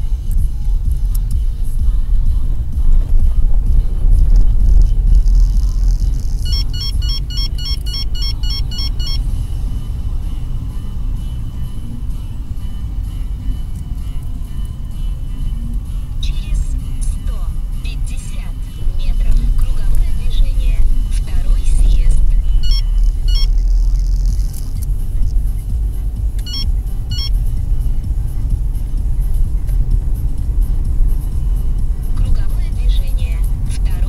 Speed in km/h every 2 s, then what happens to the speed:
18, 18, 23, 28, 32, 36, 31, 27, 23, 20, 20, 22, 28, 33, 39, 42, 46.
2-9 speeds up to 36. 9-17 slows to 20. 21-34 speeds up to 46.